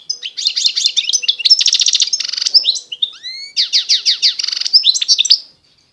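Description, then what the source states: European goldfinch singing a continuous, varied phrase of repeated chirps, buzzy rattles and upslurred notes, all high and rapid. Wild bird.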